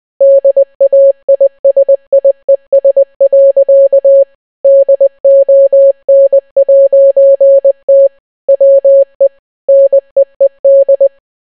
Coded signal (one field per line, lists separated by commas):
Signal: Morse code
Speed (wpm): 20 wpm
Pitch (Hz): 550 Hz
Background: none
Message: DAISIES. DON'T WE NEED